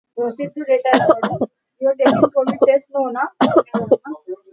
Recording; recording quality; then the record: shallow voluntary cough; moderate, slight background noise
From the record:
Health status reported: COVID-19 positive, no symptoms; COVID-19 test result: positive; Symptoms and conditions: none ticked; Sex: female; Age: 36 years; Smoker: not ticked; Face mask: not worn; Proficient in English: yes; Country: India